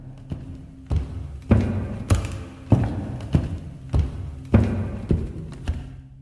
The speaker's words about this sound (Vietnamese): Đột nhiên cảm giác như là có tiếng người đang đi. Nó cau mày suy nghĩ thì đúng thật là tiếng bước chân xuống cầu thang.